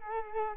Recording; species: mosquito wingbeat signal from an infrared sensor; Culex quinquefasciatus